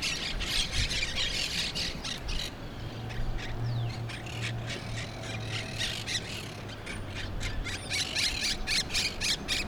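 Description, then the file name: Monk parakeet squawks, rapid scratchy notes tumbling over each other, with a low droning hum running through the middle. Brooklyn. "brooklyn parrots"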